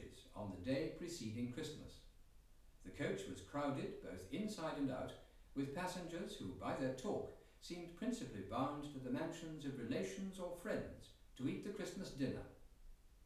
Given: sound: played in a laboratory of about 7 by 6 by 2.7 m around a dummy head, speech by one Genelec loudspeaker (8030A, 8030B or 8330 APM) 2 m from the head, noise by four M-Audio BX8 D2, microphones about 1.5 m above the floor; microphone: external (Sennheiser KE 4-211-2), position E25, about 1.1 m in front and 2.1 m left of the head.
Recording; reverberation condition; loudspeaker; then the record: male speech in English; medium; 30 degrees to the right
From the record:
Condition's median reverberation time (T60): about 510 ms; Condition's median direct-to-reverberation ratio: about -0.5 dB